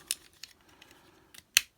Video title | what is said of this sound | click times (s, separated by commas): Transformers Legacy Evolution Prime Universe Dreadwing Review | And then that will click into place. | 1.6 s